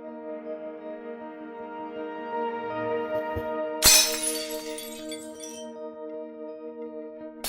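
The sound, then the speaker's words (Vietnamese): A single loud smash of glass and household objects inside a house partway through, with bright shattering fragments scattering briefly, set over a steady sustained musical drone with no talking. “Tiếng đồ đạc bể ở trong nhà của vợ chồng thằng Xỉn lại rộng rãng vang lên.”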